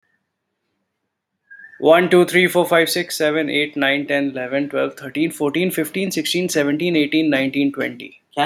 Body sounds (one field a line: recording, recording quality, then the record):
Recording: counting at a normal pace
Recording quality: excellent, no background noise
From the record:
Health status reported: healthy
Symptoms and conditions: none ticked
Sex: male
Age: 36 years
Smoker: not ticked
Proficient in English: yes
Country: India